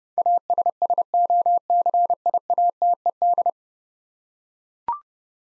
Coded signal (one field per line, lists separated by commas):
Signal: Morse code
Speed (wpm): 32 wpm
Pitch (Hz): 700 Hz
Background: none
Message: ASSOCIATED